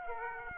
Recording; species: mosquito wingbeat signal from an infrared sensor; Aedes aegypti